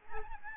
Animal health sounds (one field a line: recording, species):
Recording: mosquito wingbeat signal from an infrared sensor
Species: Aedes albopictus